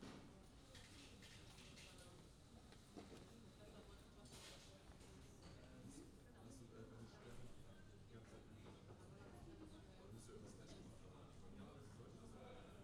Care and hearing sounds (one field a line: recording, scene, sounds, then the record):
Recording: everyday scene through a hearing-aid microphone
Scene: many people talking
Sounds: many voices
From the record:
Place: university cafeteria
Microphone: in the ear canal, left